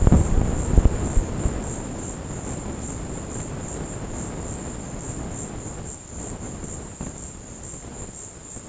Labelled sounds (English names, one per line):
none